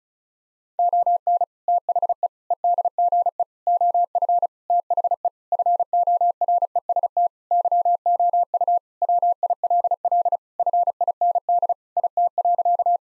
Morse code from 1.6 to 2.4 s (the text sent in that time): THE